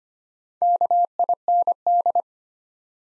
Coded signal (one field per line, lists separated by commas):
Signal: Morse code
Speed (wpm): 25 wpm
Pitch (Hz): 700 Hz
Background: none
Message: KIND